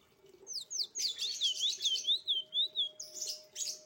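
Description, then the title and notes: Streaked spiderhunter song: a few sharp high notes, then a rapid wavering series of whistled notes sliding up and down, ending in buzzy chirps. Training (masteran) recording for cage birds; bird described as singing actively (gacor), clear and long. "Pijantung Gunung Gacor Jernih Panjang. Masteran burung"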